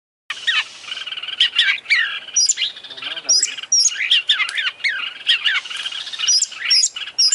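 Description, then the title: Oriental magpie-robin delivering a continuous, energetic stream of chattering trills, high piping whistles and sharp upslurred notes with hardly any pause. Champion bird in lively full song (gacor). "Kacer Juara Gacor"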